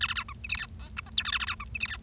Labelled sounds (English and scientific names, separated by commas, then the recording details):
Bengalese Finch (Lonchura striata domestica) song
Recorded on 25 March 2012 at 13:49
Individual gy6or6